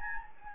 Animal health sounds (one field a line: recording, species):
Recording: mosquito wingbeat signal from an infrared sensor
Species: Anopheles gambiae